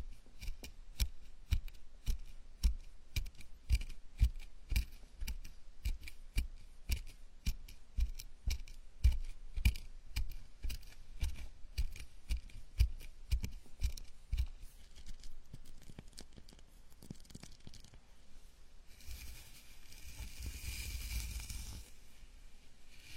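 Scalp massage with regular crisp snipping-like taps for fifteen seconds, then a softer brushing hiss that swells brighter around twenty seconds.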